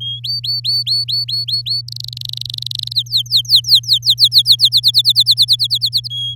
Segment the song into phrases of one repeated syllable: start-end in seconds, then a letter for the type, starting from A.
0.01-0.20 A, 0.24-1.81 B, 1.88-2.93 C, 2.94-4.69 D, 4.72-6.08 E, 6.10-6.35 A